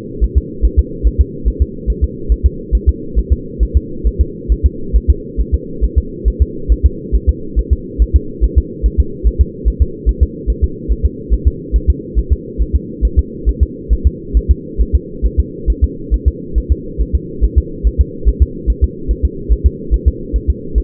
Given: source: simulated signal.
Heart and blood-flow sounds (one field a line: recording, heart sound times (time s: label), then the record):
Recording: fetal heart sounds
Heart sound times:
0.24 s: S1
0.38 s: S2
0.65 s: S1
0.79 s: S2
1.07 s: S1
1.21 s: S2
1.48 s: S1
1.62 s: S2
1.90 s: S1
2.04 s: S2
2.32 s: S1
2.46 s: S2
2.75 s: S1
2.89 s: S2
3.19 s: S1
3.33 s: S2
3.63 s: S1
3.77 s: S2
4.07 s: S1
4.21 s: S2
4.52 s: S1
4.66 s: S2
4.96 s: S1
5.10 s: S2
5.41 s: S1
5.54 s: S2
5.84 s: S1
5.98 s: S2
6.28 s: S1
6.42 s: S2
6.72 s: S1
6.86 s: S2
7.15 s: S1
7.29 s: S2
7.59 s: S1
7.73 s: S2
8.02 s: S1
8.16 s: S2
8.44 s: S1
8.58 s: S2
8.86 s: S1
9.00 s: S2
9.27 s: S1
9.41 s: S2
9.68 s: S1
9.82 s: S2
10.09 s: S1
10.23 s: S2
10.50 s: S1
10.64 s: S2
10.92 s: S1
11.06 s: S2
11.34 s: S1
11.47 s: S2
11.76 s: S1
11.90 s: S2
12.19 s: S1
12.32 s: S2
12.62 s: S1
12.76 s: S2
13.05 s: S1
13.19 s: S2
13.49 s: S1
13.63 s: S2
13.93 s: S1
14.07 s: S2
14.37 s: S1
14.51 s: S2
14.81 s: S1
14.95 s: S2
15.26 s: S1
15.40 s: S2
15.70 s: S1
15.84 s: S2
16.14 s: S1
16.28 s: S2
16.58 s: S1
16.72 s: S2
17.01 s: S1
17.15 s: S2
17.44 s: S1
17.58 s: S2
17.87 s: S1
18.01 s: S2
18.28 s: S1
18.42 s: S2
18.70 s: S1
18.84 s: S2
19.11 s: S1
19.25 s: S2
19.52 s: S1
19.66 s: S2
19.94 s: S1
20.08 s: S2
20.36 s: S1
20.50 s: S2
20.78 s: S1
From the record:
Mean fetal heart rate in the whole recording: 140 bpm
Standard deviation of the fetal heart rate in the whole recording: 2 bpm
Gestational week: 34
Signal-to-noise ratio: -4.3 dB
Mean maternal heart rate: 72 bpm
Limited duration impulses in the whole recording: absent